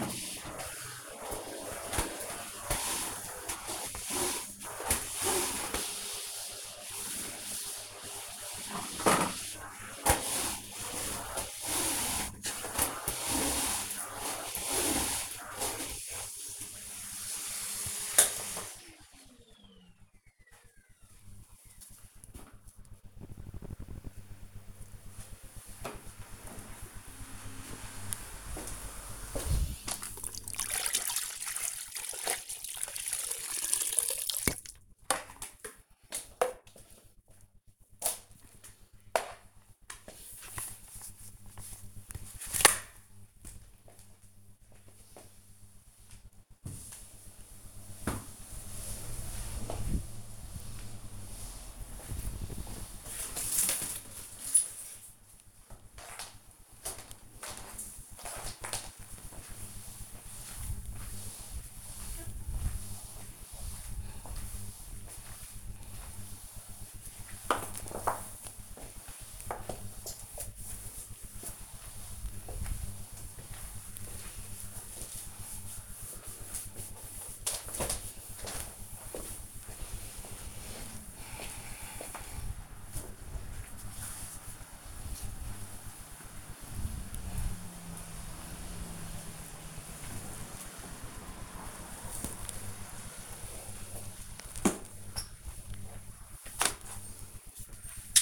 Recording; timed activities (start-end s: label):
household activities, microphone on the right wrist
0.00-18.05 s: vacuum cleaning
30.14-98.22 s: floor cleaning